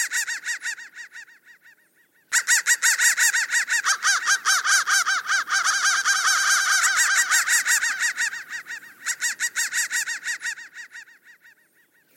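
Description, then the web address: Crow calls: a rapid run of harsh caws, nearly continuous in the middle, with quieter stretches at the start and end. "soundfactory crow 1"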